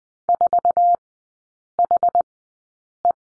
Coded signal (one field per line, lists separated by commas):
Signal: Morse code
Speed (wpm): 20 wpm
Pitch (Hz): 700 Hz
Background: none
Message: 4HE